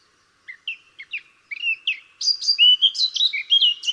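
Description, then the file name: Eurasian blackcap song: soft, scratchy warbled notes at first, then a loud, clear, whistled fluty flourish. "Sylvia atricapilla"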